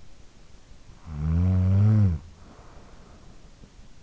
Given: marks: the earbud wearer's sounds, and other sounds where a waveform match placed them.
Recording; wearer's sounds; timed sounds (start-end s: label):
sounds in sleep by an in-ear microphone; snoring breath
0.77-3.72 s: snoring breath